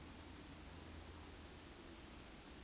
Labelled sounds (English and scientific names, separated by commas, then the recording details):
Eurasian Woodcock (Scolopax rusticola) whistle
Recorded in Baden-Württemberg, Germany, on 13 June 2021 at 20:01 UTC
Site 23718, 552 m above sea level